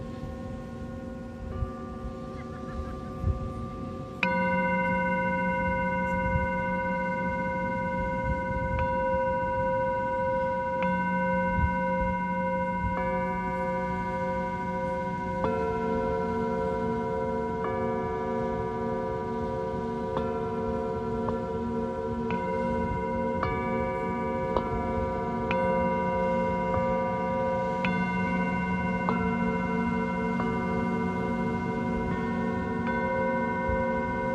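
Singing bowls ring out in long, sustained tones, with a strong strike near four seconds and fresh strikes every few seconds after, layering into a dense, shimmering chord. A steady low rumble, like wind and waves, runs underneath throughout.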